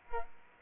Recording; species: mosquito wingbeat signal from an infrared sensor; Aedes aegypti